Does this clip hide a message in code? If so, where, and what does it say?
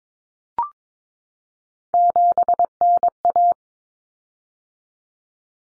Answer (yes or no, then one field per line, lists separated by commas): yes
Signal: Morse code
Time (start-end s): 1.9-3.5 s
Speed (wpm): 22 wpm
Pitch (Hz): 700 Hz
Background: none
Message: 7NA